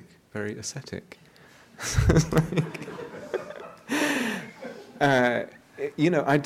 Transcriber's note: laughter